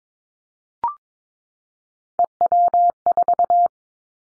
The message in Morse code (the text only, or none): EW4